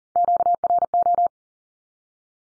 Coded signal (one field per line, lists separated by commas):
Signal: Morse code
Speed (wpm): 41 wpm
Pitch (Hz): 700 Hz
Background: none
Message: QRO